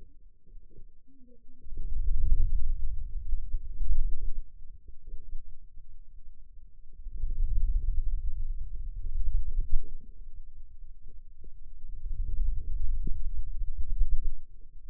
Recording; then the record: forearm muscle sounds (acoustic myography)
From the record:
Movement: wrist extension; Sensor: system 2, bracelet of six BSWA MPA416 microphones around the upper forearm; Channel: 1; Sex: male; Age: 22 years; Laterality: right